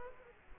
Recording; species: mosquito wingbeat signal from an infrared sensor; Aedes aegypti